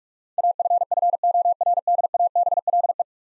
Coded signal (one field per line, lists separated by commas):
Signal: Morse code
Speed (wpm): 44 wpm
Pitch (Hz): 700 Hz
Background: none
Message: AFFORDABLE